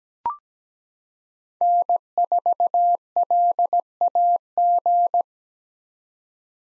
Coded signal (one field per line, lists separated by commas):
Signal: Morse code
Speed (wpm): 17 wpm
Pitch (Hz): 700 Hz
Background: none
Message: N4LAG